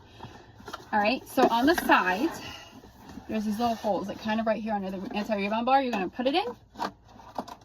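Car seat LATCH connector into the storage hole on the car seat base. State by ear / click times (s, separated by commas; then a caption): seated / 7.4 s. Someone talks while pushing a LATCH connector into its storage hole on the side of a Chicco KeyFit 35 car seat base, under the anti-rebound bar, to store it. A sharp click at 7.4 s marks the connector seating in place.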